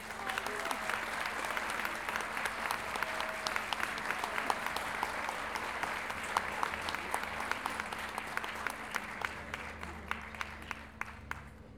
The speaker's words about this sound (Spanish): Recibamos con un fuerte, fuerte aplauso